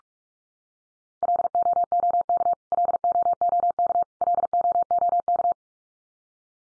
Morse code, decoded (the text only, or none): LOOK LOOK LOOK